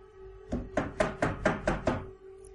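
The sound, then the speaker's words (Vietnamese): Seven firm knocks on a hotel room door by a hotel staff member, in a quick, even rhythm, each a dull, solid thud over a faint steady hum, then quiet. “Đúng lúc này thì có tiếng gõ cửa bất chợt vang lên.”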